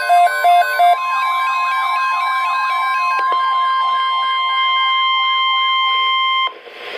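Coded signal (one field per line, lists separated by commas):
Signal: Emergency Alert System (SAME) tones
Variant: 1050 Hz attention tone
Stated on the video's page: Real tornado watch SAME tones from NOAA Weather Radio transmitter in Milwaukee, Wisconsin.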